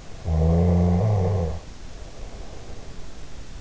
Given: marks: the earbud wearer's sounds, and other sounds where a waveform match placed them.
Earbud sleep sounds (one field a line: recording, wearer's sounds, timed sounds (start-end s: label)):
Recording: sounds in sleep by an in-ear microphone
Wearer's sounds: snoring breath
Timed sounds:
0.07-3.14 s: snoring breath